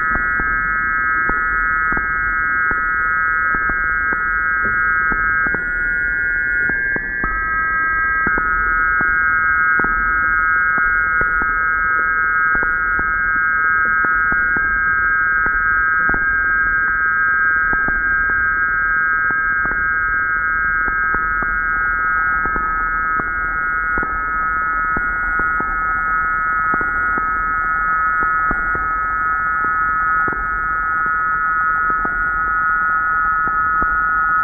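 Electromagnetic interference picked up from the surroundings: a steady electric hum with several sustained high tones stacked near the top, over a dense low buzzing wash. Sharp clicks tick through it at a fairly regular pace, about every half second, for the whole stretch.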